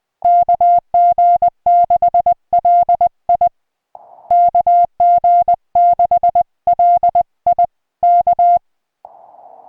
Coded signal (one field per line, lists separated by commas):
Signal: Morse code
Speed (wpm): 20 wpm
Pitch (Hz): 700 Hz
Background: music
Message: KG6LI KG6LI K